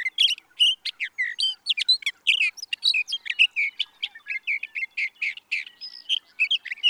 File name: Sage Thrasher